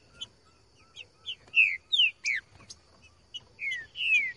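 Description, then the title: Green-winged Saltator song: loud slurred whistles sliding downward, delivered in quick irregular bursts with soft chips and short flat whistled notes between phrases. Sung in the bush; recording meant to prompt a trinca-ferro to sing; song style called 'voz 10'. "Canto De Trinca Ferro Voz 10. TRINCA FERRO CANTANDO NO MATO. ESQUENTAR TRINCA FERRO"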